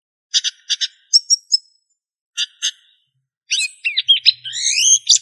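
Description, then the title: Bird song of high chirps in short clipped groups, pauses between them, then a quick run of varied whistled and twittering notes at the end. "LuckyPassaros CompletosSama"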